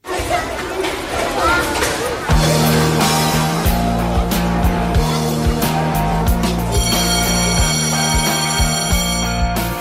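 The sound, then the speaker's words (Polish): A school bell rings loudly and continuously on a Polish Radio Program Three (Trójka) broadcast, opening a show about school, a shrill metallic jangle that starts partway through and runs to the end. Before it come crowd chatter and a low, steady humming tone. “Dzisiejsza audycja, tak jak ten dzwonek szkolny, będzie bardzo blisko szkoły.”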